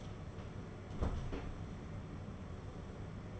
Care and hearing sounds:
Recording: daily activity, microphone in the room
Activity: close door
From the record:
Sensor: 4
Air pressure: 1016.0 hPa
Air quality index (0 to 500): 204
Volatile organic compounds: 11 ppm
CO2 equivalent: 2322 ppm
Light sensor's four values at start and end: 9/20/8/7 and 9/20/8/7

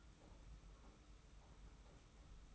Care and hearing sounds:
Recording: daily activity, microphone in the room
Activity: take from stove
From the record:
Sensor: 1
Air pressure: 991.1 hPa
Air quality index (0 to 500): 91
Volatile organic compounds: 33 ppm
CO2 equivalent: 3025 ppm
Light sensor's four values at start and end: 36/116/45/47 and 36/116/45/47

